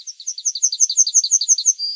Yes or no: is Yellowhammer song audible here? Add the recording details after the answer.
yes. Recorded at under 5 m from the bird. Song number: 005